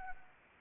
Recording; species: mosquito wingbeat signal from an infrared sensor; Anopheles arabiensis